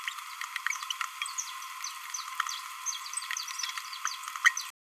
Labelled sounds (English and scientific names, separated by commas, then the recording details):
Green-rumped Parrotlet (Forpus passerinus) babbling
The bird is a male
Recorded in a nest box in Venezuela
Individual 17B31A2